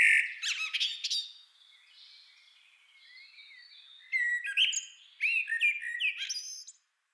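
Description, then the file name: Common blackbird singing warbled fluty phrases with squeaky high twitters: a first phrase, then a quieter stretch, then two more phrases. "Turdus merula"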